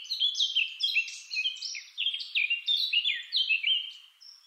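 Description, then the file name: Eurasian blackcap song of loud, clear whistled phrases, rich and fluty, repeated in quick bursts and tailing off at the end. "Sylvia atricapilla"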